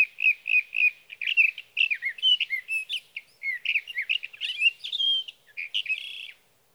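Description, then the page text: Sage thrasher delivering a continuous warbling song of rich slurred notes, mixing rising and falling phrases, ending on a buzzy burst. Male singing through three nights near his night roost, evening June 12 to morning June 15, 2018, Sierra Valley, California; recorded with a Swift recorder. "61. Sage thrasher songs, through the night."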